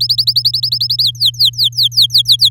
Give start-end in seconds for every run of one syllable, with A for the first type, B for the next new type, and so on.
0.00-1.03 A, 1.04-2.50 B